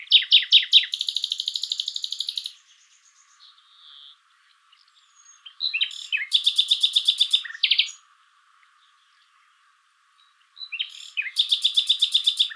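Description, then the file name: Common nightingale song: loud rapid repeated rattling notes, a long fast pulsed phrase, a pause with soft notes, then two more bursts of rapid repeated notes. "Luscinia megarhynchos"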